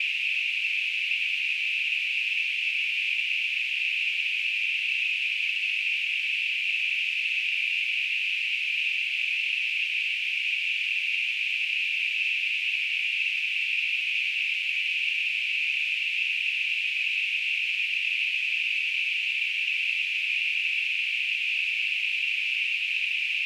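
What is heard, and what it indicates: Simulated tinnitus: a steady, continuous hiss of narrow-band noise centred near 2.5 kHz, unchanging in loudness throughout, with no low-frequency sound.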